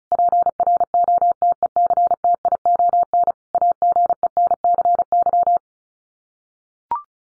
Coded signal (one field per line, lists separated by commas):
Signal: Morse code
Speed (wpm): 34 wpm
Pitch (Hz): 700 Hz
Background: none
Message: PROTECTION AGENCY